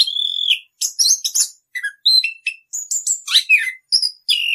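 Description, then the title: Orange-headed thrush song opening with a sustained whistle, then short bursts of varied chirps, slurs and downward whistled notes. Continuous rolling song style called "ngerol", presented as a master recording for training birds. "suara anis kembang ngerol"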